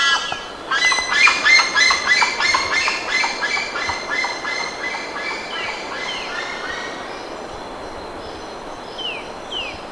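Bird calls: a rapid chattering run of sharp chirps for about five seconds that gradually fades, followed by a few soft descending whistles over a steady hiss.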